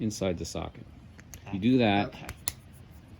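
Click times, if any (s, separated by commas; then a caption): 2.5 s. Someone talks while a new spark plug for the driver's side of a 1999–2004 Jeep Grand Cherokee Laredo 4.7 V8 is pushed into a spark plug socket. A short, sharp click sounds at 2.5 s as the plug snaps into the socket's retaining insert, and it is seated.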